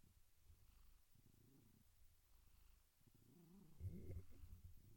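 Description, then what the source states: Domestic cat purring, a low rumbling pulse that swells and fades, growing stronger over the last two seconds; no meows are heard. Gentle, rhythmic purring.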